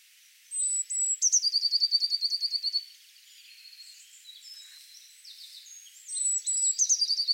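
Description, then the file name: Eurasian blue tit song: high thin introductory notes leading into a rapid, rhythmic trill, then soft twittering, then another whistle and trill near the end. "Cyanistes caeruleus"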